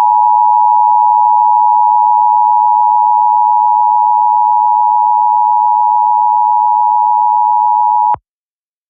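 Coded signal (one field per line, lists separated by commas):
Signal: Emergency Alert System (SAME) tones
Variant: 853 and 960 Hz attention tone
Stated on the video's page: Test alert tones taken from a stream of NOAA Weather Radio station WXM56.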